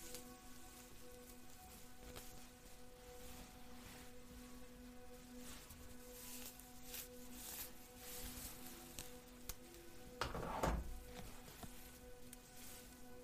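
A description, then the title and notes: Hair brushing with soft, repeated swishing strokes coming every second or so over a steady, low humming drone of background music. Around ten seconds a louder knock-like burst stands out before the brushing settles back to its even rhythm. At-Home Hair Spa | Hair Brushing, Ambient Music.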